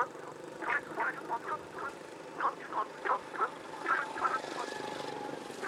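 Frogs croaking in a chorus, brief rasping notes repeated several times a second in irregular bursts, with low background hum.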